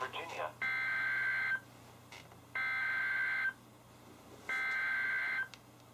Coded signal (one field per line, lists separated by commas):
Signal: Emergency Alert System (SAME) tones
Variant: header bursts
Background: speech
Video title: EAS #68-#75: A Few More | KHB36